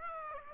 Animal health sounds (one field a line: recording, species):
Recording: mosquito wingbeat signal from an infrared sensor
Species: Aedes aegypti